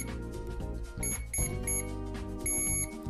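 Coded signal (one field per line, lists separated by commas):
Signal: beep code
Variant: Hobbywing ESC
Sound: three short high beeps and one longer beep over background music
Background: background music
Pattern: 3 short, 1 long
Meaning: The ESC has calibrated to the radio's throttle range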